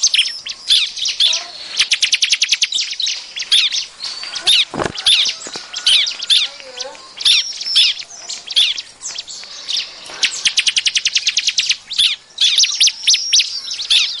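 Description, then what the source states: Bar-winged prinia calls, high thin chirps mixed with fast rattling trills, tumbling and overlapping, and a brief low thump near the middle. Noisy calling, offered as an effective lure sound.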